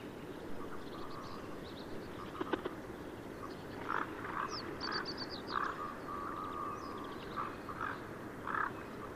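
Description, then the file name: Goosander calls: short harsh croaking notes repeated irregularly over several seconds, with faint thin chirps of other birds above and a constant low background rumble. "Smergo Maggiore"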